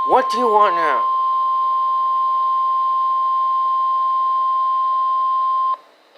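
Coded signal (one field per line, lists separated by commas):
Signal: Emergency Alert System (SAME) tones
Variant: 1050 Hz attention tone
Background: speech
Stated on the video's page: Two required weekly tests.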